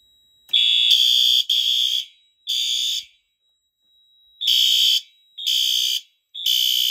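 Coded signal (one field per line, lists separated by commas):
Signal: alarm pattern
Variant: temporal-3 fire horn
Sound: loud buzzing fire horn: three half-second blasts, pause, three more blasts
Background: indoor room echo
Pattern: temporal three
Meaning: Fire alarm evacuation signal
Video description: Devices in this video are coding themselves to temporal 3, but the panel is set to continuous.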